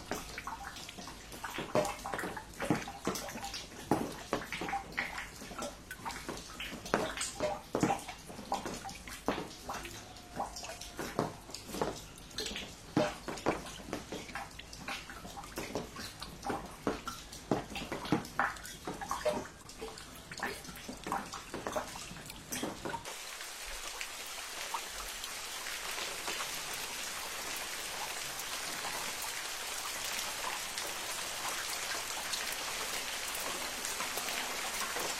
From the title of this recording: Rain Leak in the West Wing